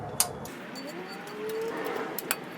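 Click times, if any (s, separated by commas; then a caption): 0.2 s, 2.3 s. Old metal anti-rattle clips, reused because the new brake pads did not come with clips, are pressed into a truck's brake caliper bracket. Sharp metallic snaps ring out at 0.2 s and 2.3 s over a quiet background hum, with a smaller tick just before the second. The clips are seated in the bracket.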